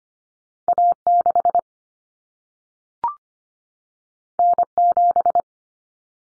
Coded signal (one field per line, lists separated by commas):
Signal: Morse code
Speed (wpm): 25 wpm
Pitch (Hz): 700 Hz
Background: none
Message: A6 N7